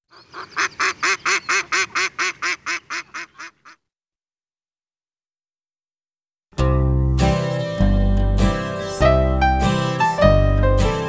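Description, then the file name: Duck quacking many times in a rapid, even series, then silence, followed by loud music. On a farm. "Le canard"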